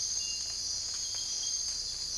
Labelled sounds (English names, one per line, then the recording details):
none
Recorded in secondary vegetation near Puerto Asís, Putumayo, Colombia, on 22 December 2024 at 05:00
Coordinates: 0.484, -76.319
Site GP06